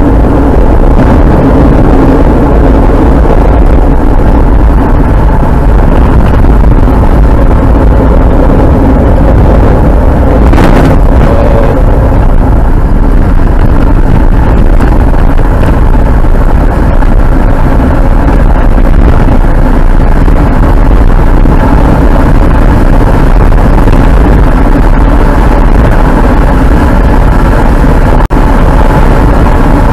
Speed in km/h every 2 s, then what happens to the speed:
49, 43, 40, 41, 51, 55, 60, 64, 66, 74, 78, 80, 83, 85, 85.
0-3 slows to 40. 6-30 speeds up to 85.